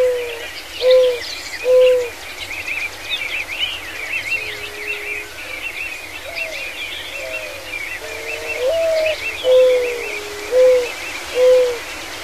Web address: Songs of Birds of North America Stokes. Mourning Dove